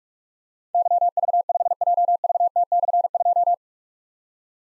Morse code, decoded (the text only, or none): YV5JVT/2